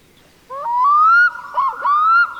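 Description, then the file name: Black-throated loon gives a long, clear whistled note rising slowly, a brief break, then a second shorter upward-sliding whistle over a steady hum. "Storlom"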